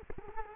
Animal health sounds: mosquito wingbeat signal from an infrared sensor; Culex quinquefasciatus

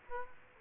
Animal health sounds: mosquito wingbeat signal from an infrared sensor; Aedes aegypti

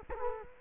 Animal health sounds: mosquito wingbeat signal from an infrared sensor; Culex quinquefasciatus

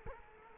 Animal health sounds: mosquito wingbeat signal from an infrared sensor; Culex quinquefasciatus

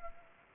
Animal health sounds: mosquito wingbeat signal from an infrared sensor; Anopheles gambiae

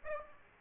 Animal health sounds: mosquito wingbeat signal from an infrared sensor; Aedes aegypti

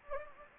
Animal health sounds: mosquito wingbeat signal from an infrared sensor; Anopheles gambiae

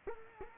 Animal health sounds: mosquito wingbeat signal from an infrared sensor; Culex quinquefasciatus

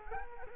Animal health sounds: mosquito wingbeat signal from an infrared sensor; Culex quinquefasciatus

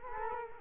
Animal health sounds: mosquito wingbeat signal from an infrared sensor; Culex quinquefasciatus

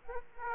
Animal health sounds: mosquito wingbeat signal from an infrared sensor; Aedes aegypti

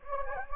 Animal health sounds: mosquito wingbeat signal from an infrared sensor; Anopheles gambiae

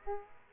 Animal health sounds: mosquito wingbeat signal from an infrared sensor; Aedes aegypti

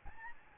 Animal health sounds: mosquito wingbeat signal from an infrared sensor; Aedes albopictus

